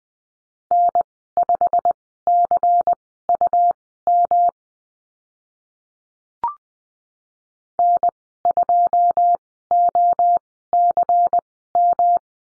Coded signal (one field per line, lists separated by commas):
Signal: Morse code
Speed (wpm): 20 wpm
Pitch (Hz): 700 Hz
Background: none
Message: N5CUM N2OCM